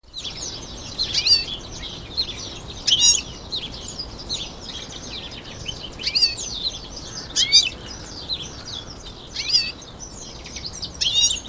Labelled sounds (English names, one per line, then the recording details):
European Goldfinch song
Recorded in captivity
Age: adult
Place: Zoo Berlin, Berlin, DE
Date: 2001-03-20 13:34
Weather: partly sunny, 0 - 2°C
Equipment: Nagra SN, Kopie Uher 4000 Report Monitor
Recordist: Tembrock, Günter